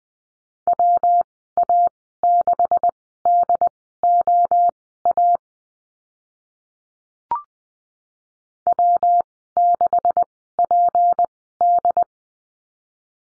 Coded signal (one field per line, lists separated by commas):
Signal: Morse code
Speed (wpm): 20 wpm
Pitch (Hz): 700 Hz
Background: none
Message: WA6DOA W6PD